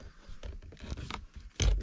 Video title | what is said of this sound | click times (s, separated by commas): Porsche PCCM Installation | and they engage. You hear a nice click. | 1.1 s, 1.6 s